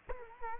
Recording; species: mosquito wingbeat signal from an infrared sensor; Culex quinquefasciatus